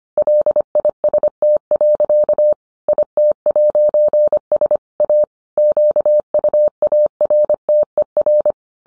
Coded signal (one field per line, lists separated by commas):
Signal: Morse code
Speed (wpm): 25 wpm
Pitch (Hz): 600 Hz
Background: none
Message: LIST. IT'S A QUARTER